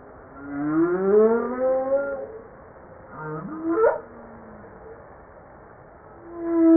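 Humpback whale upswept moans, a long rising harmonic tone followed by short sharp upward sweeps, then a brief tonal note at the end.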